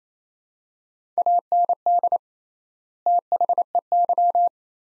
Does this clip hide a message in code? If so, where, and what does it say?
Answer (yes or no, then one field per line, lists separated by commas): yes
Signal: Morse code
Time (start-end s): 1.2-4.5 s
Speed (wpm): 28 wpm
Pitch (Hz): 700 Hz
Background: none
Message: AND THEY